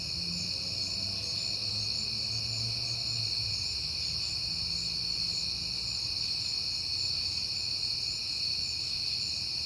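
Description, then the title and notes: Crickets chirp in a dense, continuous high chorus while a low engine-like hum rises briefly early on. Crickets calling at night in September, on a peaceful night, with passing cars. "Night Time: Crickets and Passing Cars. It is September and I have been hearing the crickets a lot, but finally had a peaceful night to make the recording"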